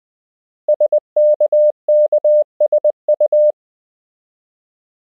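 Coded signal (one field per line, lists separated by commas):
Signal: Morse code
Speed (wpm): 20 wpm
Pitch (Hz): 600 Hz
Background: none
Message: SKKSU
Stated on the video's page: Koch method lesson 4 drill: English words and ham QSO patterns at 20 wpm, generated by a Morse learning app.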